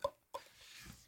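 Two short, hollow clucking pops about a third of a second apart, made by mouth as an imitation of a clucking sound produced from inside the chest. The sound goes with pneumothorax, where blisters on the lung burst and the lung collapses, recurring several times within a year, on one side only.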